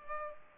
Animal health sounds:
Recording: mosquito wingbeat signal from an infrared sensor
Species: Culex pipiens

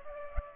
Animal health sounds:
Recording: mosquito wingbeat signal from an infrared sensor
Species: Culex pipiens

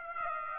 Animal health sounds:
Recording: mosquito wingbeat signal from an infrared sensor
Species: Aedes aegypti

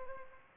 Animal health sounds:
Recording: mosquito wingbeat signal from an infrared sensor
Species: Aedes albopictus

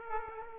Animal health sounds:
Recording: mosquito wingbeat signal from an infrared sensor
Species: Aedes aegypti

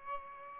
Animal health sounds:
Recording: mosquito wingbeat signal from an infrared sensor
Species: Aedes albopictus

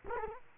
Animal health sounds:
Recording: mosquito wingbeat signal from an infrared sensor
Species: Culex quinquefasciatus

